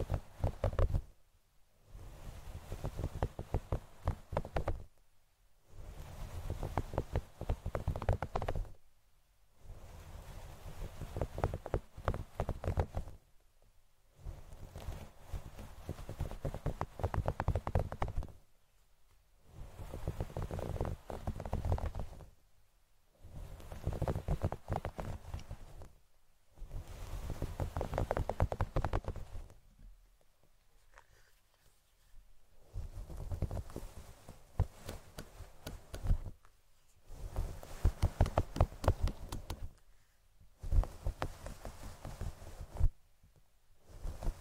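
Fluffy mic rubbing comes in soft, dense bursts of a few seconds each, separated by brief silences, with one longer quiet pause near thirty seconds.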